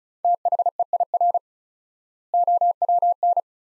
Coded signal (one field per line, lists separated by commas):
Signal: Morse code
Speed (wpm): 36 wpm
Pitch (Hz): 700 Hz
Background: none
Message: THEIR OWN